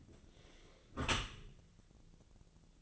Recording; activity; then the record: daily activity, microphone in the room; close dishwasher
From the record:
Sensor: 4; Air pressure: 1001.3 hPa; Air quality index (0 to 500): 180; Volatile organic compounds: 2 ppm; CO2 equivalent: 1286 ppm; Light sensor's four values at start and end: 11/26/10/11 and 11/25/10/10